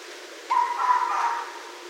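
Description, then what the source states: Red fox giving a single harsh, hoarse bark lasting about a second, slightly rough and wavering, over a faint steady hiss. Recorded on 31 December 2011.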